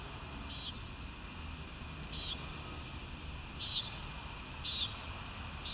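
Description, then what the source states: Common nighthawk giving five clipped nasal buzzes, the later ones louder, over a steady hum and low rumble. Recorded at Kissimmee on 1 May 2019; the recording is labelled as noisy.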